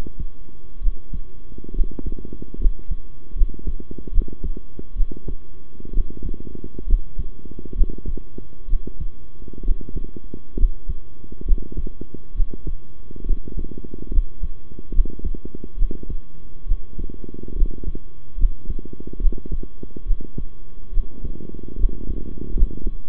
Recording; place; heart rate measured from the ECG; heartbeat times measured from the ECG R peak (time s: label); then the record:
heart sounds by stethoscope; between the tricuspid and mitral areas; 69 bpm
0.81 s: heartbeat
1.74 s: heartbeat
2.59 s: heartbeat
3.35 s: heartbeat
4.12 s: heartbeat
4.95 s: heartbeat
5.93 s: heartbeat
6.86 s: heartbeat
7.75 s: heartbeat
8.67 s: heartbeat
9.63 s: heartbeat
10.57 s: heartbeat
11.45 s: heartbeat
12.34 s: heartbeat
13.25 s: heartbeat
14.11 s: heartbeat
14.92 s: heartbeat
15.77 s: heartbeat
16.66 s: heartbeat
17.55 s: heartbeat
18.37 s: heartbeat
19.20 s: heartbeat
20.05 s: heartbeat
20.92 s: heartbeat
21.77 s: heartbeat
22.55 s: heartbeat
From the record:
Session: rest, sitting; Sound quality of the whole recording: good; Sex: male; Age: 23 years